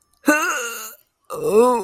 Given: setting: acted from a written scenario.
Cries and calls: vocal sound without words; ecstasy

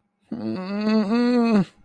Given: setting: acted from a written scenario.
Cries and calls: vocal sound without words; distress

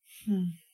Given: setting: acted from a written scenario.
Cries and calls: vocal sound without words; sympathy

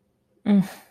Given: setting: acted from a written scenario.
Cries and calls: vocal sound without words; confusion

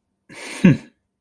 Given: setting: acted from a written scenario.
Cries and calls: vocal sound without words; contempt

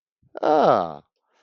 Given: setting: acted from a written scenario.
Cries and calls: vocal sound without words; positive surprise

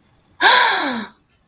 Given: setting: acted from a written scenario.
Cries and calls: vocal sound without words; elation

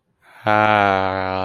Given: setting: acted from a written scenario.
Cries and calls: vocal sound without words; awe

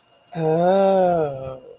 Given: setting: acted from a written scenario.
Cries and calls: vocal sound without words; realization

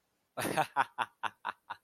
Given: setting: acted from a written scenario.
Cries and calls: vocal sound without words; amusement

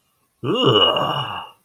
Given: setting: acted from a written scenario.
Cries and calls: vocal sound without words; disgust

